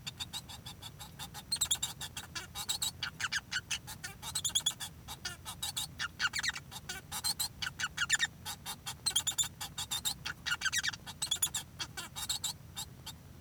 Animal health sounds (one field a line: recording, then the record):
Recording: song of a male Bengalese finch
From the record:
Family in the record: son of father 1